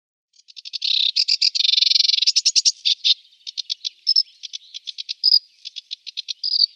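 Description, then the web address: Sedge warbler song: rapid chattering rattles and a harsh buzzy trill, then spaced dry clicks broken by short whistled notes. "Schulze Peter Sedge Warbler"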